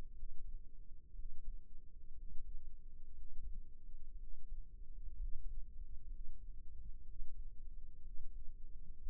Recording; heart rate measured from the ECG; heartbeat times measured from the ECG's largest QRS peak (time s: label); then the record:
heart sounds by microphone in the right ear; 61 bpm
0.13 s: heartbeat
1.13 s: heartbeat
2.13 s: heartbeat
3.15 s: heartbeat
4.17 s: heartbeat
5.17 s: heartbeat
6.08 s: heartbeat
7.04 s: heartbeat
8.01 s: heartbeat
9.00 s: heartbeat
From the record:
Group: healthy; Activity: rest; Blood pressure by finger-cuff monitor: 95/62 mmHg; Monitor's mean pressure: 74 mmHg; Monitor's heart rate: 60 bpm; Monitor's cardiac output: 5.3 L/min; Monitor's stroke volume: 93 mL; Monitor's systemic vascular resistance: 1020 dyn s/cm5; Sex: male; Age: 22 years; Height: 181 cm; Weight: 79 kg